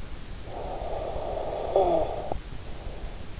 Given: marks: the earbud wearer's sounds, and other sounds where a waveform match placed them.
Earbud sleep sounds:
sounds in sleep by an in-ear microphone; snoring breath
0.27-3.30 s: snoring breath

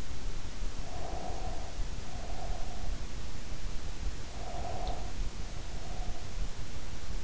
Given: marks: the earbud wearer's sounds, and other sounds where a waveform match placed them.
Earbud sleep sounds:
sounds in sleep by an in-ear microphone; breath
0.74-3.19 s: breath
4.23-6.62 s: breath

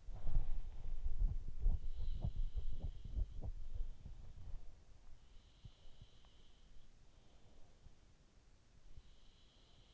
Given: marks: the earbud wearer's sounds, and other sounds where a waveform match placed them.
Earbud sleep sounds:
sounds in sleep by an in-ear microphone; body movement
0.00-5.10 s: body movement
5.11-8.34 s: sound from someone else or the room

